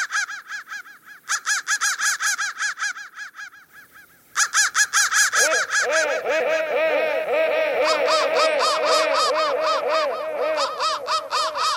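Crow caws, harsh and nasal, in quick repeated bursts with overlapping calls that sound like several birds cawing together.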